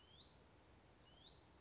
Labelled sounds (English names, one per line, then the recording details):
Hutton's Vireo
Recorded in Sonoma County, California